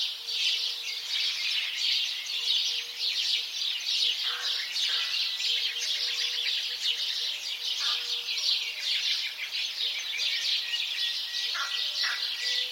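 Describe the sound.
Dense house sparrow chatter, countless quick overlapping chirps, with a few lower downward calls standing out and a faint intermittent hum.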